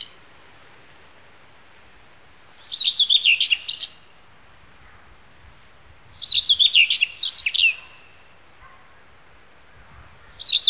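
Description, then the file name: Common whitethroat song: brisk, rasping warbles repeated every few seconds over soft background hiss. "Sylvia Communis Slavka Gray"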